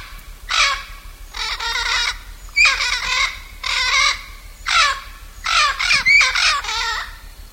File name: blue fronted parrot